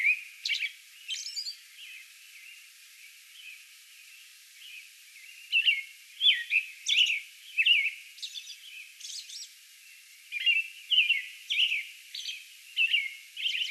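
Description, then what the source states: American robin song: rich whistled phrases, a pause of a few seconds, then phrases in quick succession, with thin high squeaky notes between them. Recorded May 11; a song bout.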